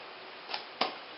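A second DDR3 memory stick is pushed into the other blue DIMM slot on a motherboard. A softer tap comes at about 0.5 s, then a sharp click at 0.8 s as the module seats, over a steady background hiss.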